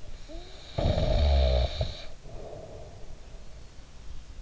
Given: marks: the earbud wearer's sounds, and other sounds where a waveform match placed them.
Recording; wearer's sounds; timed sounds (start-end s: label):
sounds in sleep by an in-ear microphone; snoring breath
0.04-3.63 s: snoring breath